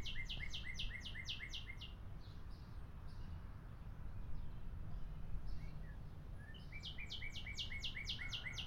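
Northern Cardinal producing two bursts of rapid, repeated sharp downslurred notes, one at the start and one near the end, with quieter notes between over low rumbling noise.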